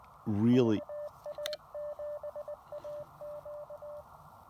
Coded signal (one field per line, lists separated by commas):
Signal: Morse code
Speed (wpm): 19 wpm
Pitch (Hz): 590 Hz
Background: speech, radio noise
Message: VA7AQ